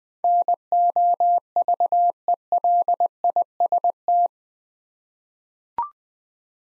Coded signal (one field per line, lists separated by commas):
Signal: Morse code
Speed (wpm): 20 wpm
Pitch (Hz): 700 Hz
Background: none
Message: NOVELIST